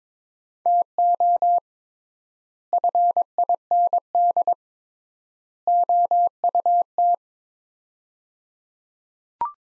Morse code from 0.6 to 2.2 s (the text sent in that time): TO